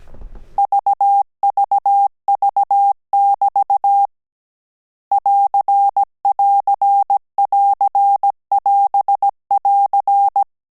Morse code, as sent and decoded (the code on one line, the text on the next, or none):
...- ...- ...- -...- / .-.-. .-.-. .-.-. .-... .-.-.
VVV<BT> <AR><AR><AR><AS><AR>